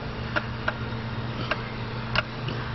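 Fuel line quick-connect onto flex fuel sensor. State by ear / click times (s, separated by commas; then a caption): seated / 0.4 s, 0.7 s. A fuel line quick-connect fitting is pushed by feel, with no view of it, onto an E85 flex fuel sensor being installed on an ATS-V. It locks in place with sharp clicks at 0.4 s and 0.7 s over a steady low hum. The retainer is then clipped on, adding further short ticks around 1.5 s, 2.2 s and 2.5 s, and the fitting is seated.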